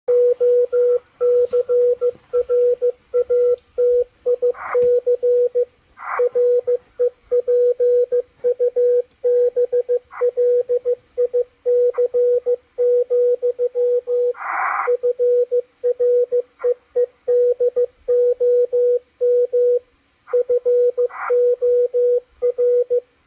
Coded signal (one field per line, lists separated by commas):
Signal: Morse code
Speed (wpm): 15 wpm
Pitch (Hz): 490 Hz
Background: radio noise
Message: OCRATIC REPUBLIC, FREEDOM FOR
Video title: DECODING MORSE CODE ON THE MACHILITE DSP SDR RECEIVER 9-30-2021